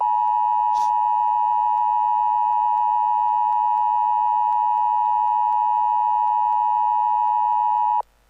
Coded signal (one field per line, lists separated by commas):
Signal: Emergency Alert System (SAME) tones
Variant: 853 and 960 Hz attention tone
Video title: EF5 (EAS Scenario)